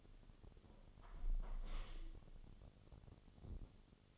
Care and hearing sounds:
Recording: daily activity, microphone in the room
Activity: close window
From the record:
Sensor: 4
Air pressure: 1015.8 hPa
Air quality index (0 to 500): 78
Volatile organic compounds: 1 ppm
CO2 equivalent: 869 ppm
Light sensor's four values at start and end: 9/20/8/7 and 9/20/8/7

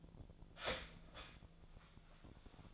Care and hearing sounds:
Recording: daily activity, microphone in the room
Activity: start toaster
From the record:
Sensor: 5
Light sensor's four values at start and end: 90/238/97/102 and 90/238/97/102

